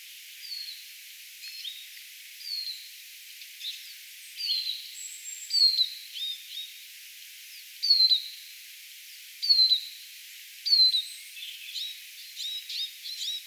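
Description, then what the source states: Eurasian siskin flight calls: thin, high whistles that slide downward, repeated every one to two seconds, mixed with short sharp chips. Several siskins flying around, recorded 18 April 2025.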